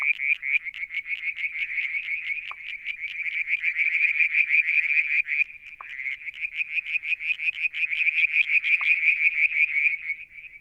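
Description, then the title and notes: Continuous frog calling: high pulsed notes repeated rapidly throughout, with occasional short lower knocks. Striped marsh frog, Verreaux's tree frog and an unidentified frog calling one evening near a water tank, Mount Wilson, New South Wales, Australia, July 2022. "Frog song, Mount Wilson, New South Wales, Australia in July 2022 – by Alexander Moffatt. Limnodynastes Peronii, Litoria Verreauxii and a mystery frog one evening near the water tank"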